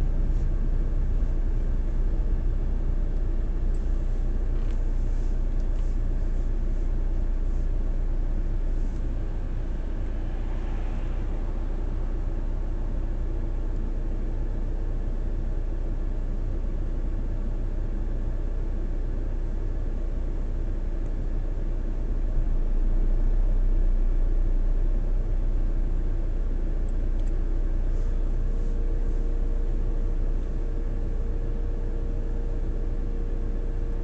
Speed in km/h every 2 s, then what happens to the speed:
8, 1, 0, 0, 0, 0, 0, 0, 0, 0, 0, 0, 0, 0, 0, 0, 0.
0-2 brakes to 1. 2-34 standing.